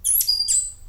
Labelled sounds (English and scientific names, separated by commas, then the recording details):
Stitchbird (Notiomystis cincta) song
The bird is a male
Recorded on Tiritiri Matangi Island, New Zealand, in 2005
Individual 11, of nest box 13